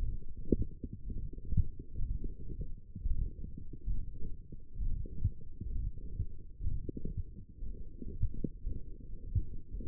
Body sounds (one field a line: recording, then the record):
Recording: forearm muscle sounds (acoustic myography)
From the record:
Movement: radial deviation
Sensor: system 1, eight BSWA MPA416 microphones around the upper forearm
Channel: 7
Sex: male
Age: 21 years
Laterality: right